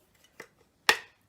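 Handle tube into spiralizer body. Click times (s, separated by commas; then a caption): 0.9 s. The ridged handle tube is pushed into the hole on the side of a Paderno World Cuisine 4 Blade plastic spiralizer. A faint tap comes at 0.4 s, then a sharp, loud click at 0.9 s. The handle tube is seated in the spiralizer body.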